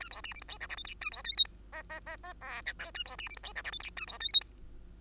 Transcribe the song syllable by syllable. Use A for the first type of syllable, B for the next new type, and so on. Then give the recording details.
A B C D E F G H I J A B K L M N N N N O P Q A B C D E F G H I J A B K L M. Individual Bird2